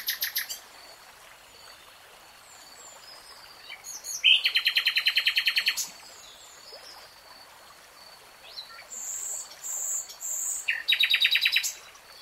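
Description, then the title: Nightingale song: spaced phrases with long quiet gaps, including a loud, buzzing rapid trill and later a bright series of quick repeated notes. "[Tiếng chim hót] Nightingale Singing"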